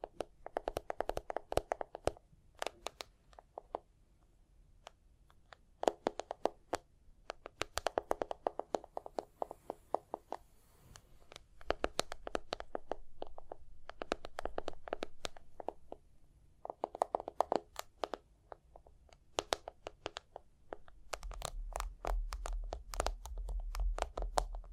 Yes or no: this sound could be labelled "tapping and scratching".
yes